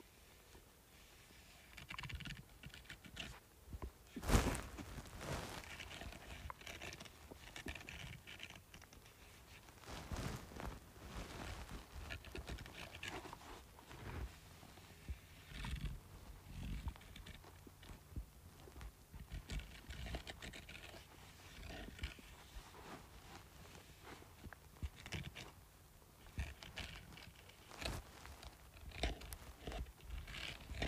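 Scratching on a bumpy surface, a dense, uneven run of rough scrapes and clicks lasting the whole half minute. The strokes come in irregular bursts, with a sharp loud one near four seconds and other strong hits around ten, sixteen and twenty-eight seconds.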